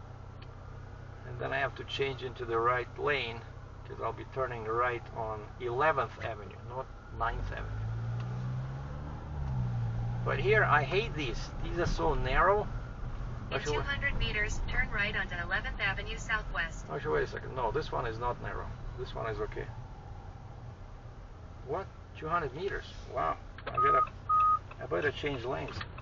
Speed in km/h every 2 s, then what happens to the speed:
0, 0, 0, 0, 3, 19, 24, 23, 19, 13, 10, 7, 4.
0-7 standing. 7-12 pulls away to 24. 12-23 slows to 4.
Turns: none.